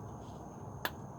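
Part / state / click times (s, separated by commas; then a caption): spark plug wire boot onto spark plug / seated / 0.9 s. A spark plug wire's rubber boot is pushed onto the spark plug terminal in the engine bay of a 1987 Chevy truck. A single sharp click is heard at 0.9 s against steady low background noise, and the boot is seated.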